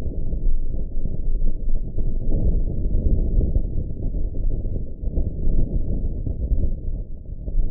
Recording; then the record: heart sounds by optical stethoscope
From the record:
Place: aortic valve (AV)